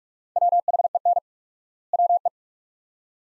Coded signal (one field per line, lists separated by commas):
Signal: Morse code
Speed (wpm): 46 wpm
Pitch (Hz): 700 Hz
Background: none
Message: WHEN WE